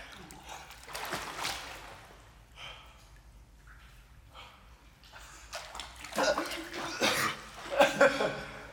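Splashing water gives way to sputtering coughs and snorting breaths from a person who has got water in the lungs, the harsh bursts growing louder and coming in quick succession near the end.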